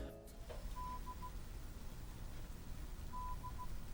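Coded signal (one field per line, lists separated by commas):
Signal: none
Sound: fishing game's cue beeps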